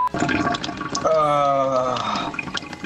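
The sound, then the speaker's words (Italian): Someone urinates into a sink in a garage: a steady liquid stream splashes and trickles into the basin for about two seconds, with a faint ringing tone as it fills, then tapers off. “una pisciata del lavandino in diretta dal garage, siamo al top.”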